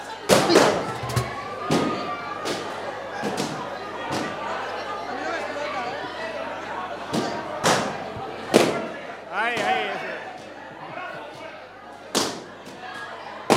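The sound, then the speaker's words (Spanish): Balloons popping one after another in sharp, loud bangs at an uneven pace, about a dozen in all, over a steady murmur of a group of people talking and laughing. “Chicos, mientras vamos rompiendo los globos, mientras nos deshacemos de los miedos”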